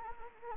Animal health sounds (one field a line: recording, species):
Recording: mosquito wingbeat signal from an infrared sensor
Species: Anopheles arabiensis